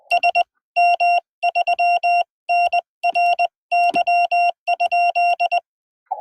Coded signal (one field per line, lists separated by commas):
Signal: Morse code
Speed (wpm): 21 wpm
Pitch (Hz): 700 Hz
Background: none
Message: SM3NRY?